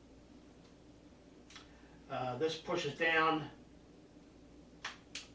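The insert of a handheld zucchini-hollowing kitchen corer is pushed down into its handle/holder. Someone talks briefly, then two short, sharp snaps ring out at about 4.9 s and 5.2 s as the part locks into place.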